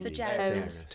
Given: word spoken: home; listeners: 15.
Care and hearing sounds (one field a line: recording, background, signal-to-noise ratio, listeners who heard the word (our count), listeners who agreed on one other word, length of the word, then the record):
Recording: one English word in noise, from a listening test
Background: four-talker babble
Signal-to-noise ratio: 0.1 dB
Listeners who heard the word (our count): 2 of 15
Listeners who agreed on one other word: 7 of 15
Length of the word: 0.55 s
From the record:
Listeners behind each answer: 7, 2, 1, 1, 1, 1, 1, 1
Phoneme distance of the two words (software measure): 51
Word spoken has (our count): 1 syllable, 3 phonemes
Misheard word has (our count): 2 syllables, 6 phonemes, stress on syllable 2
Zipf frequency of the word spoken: 5.86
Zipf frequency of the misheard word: 4.63